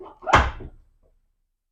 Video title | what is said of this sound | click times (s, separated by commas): The secret drawers on an antique campaign chest | And you probably heard the click as it did it. | 0.3 s